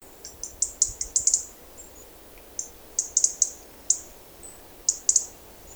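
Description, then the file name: European robin calling with high, sharp ticks in irregular runs, several quick clusters mixed with scattered single notes against a quiet background. "Erithacus rubecula"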